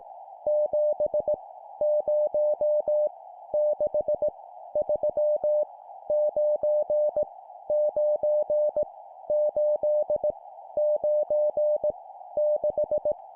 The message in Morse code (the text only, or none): 7 0 6 3 9 9 8 9 6